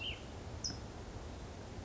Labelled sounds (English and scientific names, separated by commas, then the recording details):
California Towhee (Melozone crissalis)
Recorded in Sonoma County, California